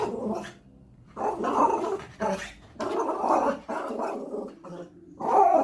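Spitz dog: spitz growling in rough, gargling bursts that rise and fall, separated by short pauses, ending in a louder snarl.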